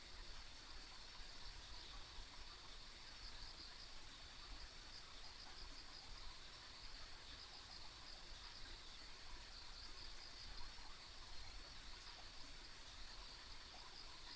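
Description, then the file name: Insects sustain a shrill, even chorus from start to finish, accompanied by a soft low rumble and hiss. Ambient insect sounds recorded on a rural country road. "田舎道の虫の環境音"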